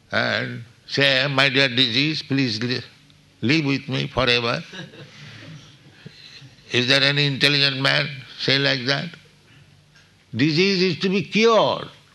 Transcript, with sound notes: and say, "My dear disease, please live with me forever"? [laughter] Is there any intelligent man say like that? Disease is to be cured,